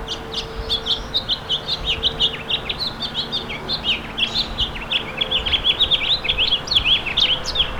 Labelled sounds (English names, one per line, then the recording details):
House Finch song
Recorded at Babylon on Long Island, New York, on 18 May 2013
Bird F